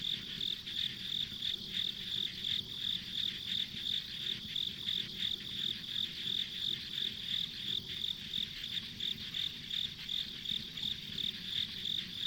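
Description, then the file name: Continuous insect chorus with rapid high chirps repeating evenly throughout, over a steady high-pitched buzzing background. Ambient insect sounds recorded along a rural country road. "田舎道の虫の環境音"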